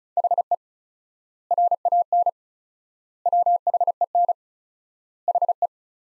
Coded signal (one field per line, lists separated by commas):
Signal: Morse code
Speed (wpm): 36 wpm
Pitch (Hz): 700 Hz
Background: none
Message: HE RAN WHEN HE